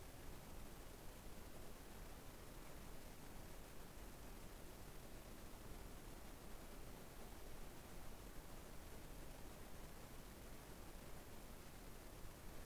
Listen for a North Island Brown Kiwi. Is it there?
no